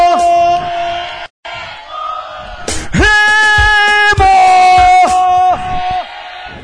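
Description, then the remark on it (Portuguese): A loud, drawn-out shouted chant of "Remo", one voice bellowing in imitation of Clube do Remo (Leão) football fans, with a few sharp hand claps breaking in between the sustained yells. “A torcida do Leão joga a mãozinha pra cima, pra ficar bonito, batendo na palma da mão, na palma da mão. E canta assim, ó.”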